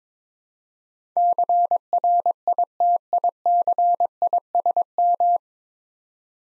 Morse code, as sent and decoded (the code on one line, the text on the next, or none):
-.-. .-. .. - .. -.-. .. ... --
CRITICISM